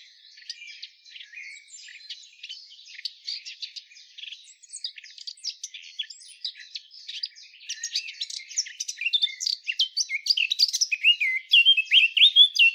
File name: Sylvia atricapilla